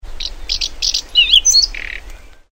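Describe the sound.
Whinchat: a quick run of short, high chirping notes, then a few twisting whistled notes and a softer buzzy note at the end.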